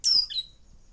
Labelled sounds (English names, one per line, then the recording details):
Stitchbird song
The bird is a male
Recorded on Tiritiri Matangi Island, New Zealand, in 2005
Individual 2, of nest box 2